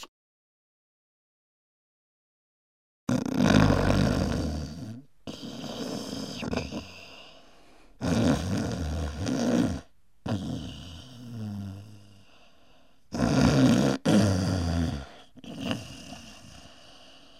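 After a silent start, an adult snores: three loud, harsh, rattling snores on the in-breath, each followed by a softer, rumbling out-breath, at roughly 13 breaths a minute. Ordinary snoring.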